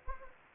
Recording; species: mosquito wingbeat signal from an infrared sensor; Anopheles gambiae